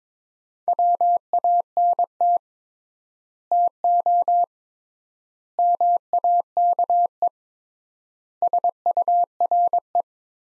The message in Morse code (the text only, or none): WANT TO MAKE SURE